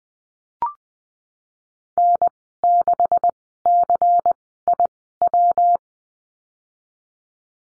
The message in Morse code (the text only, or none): N 6 C I W